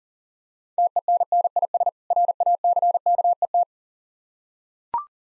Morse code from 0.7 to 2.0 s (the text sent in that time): TENNIS